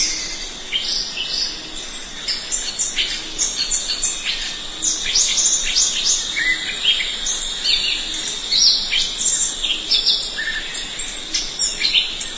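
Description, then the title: Thrush song with rapid high chirps and brief whistled notes throughout, over steady background noise. "burung anis x"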